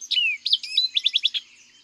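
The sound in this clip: Orchard oriole song: a falling slurred whistle and a few bright notes, then five quick repeated chips, all packed into about one and a half seconds.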